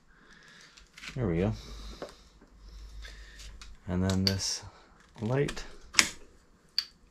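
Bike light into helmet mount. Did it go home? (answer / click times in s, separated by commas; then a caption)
yes / 6.8 s. A bike light head is pushed into its plastic helmet mount while someone talks, and it snaps into place with a sharp click at 6.8 seconds. A louder sharp tap is heard just before, around 6.0 seconds, and the light ends up seated in the mount.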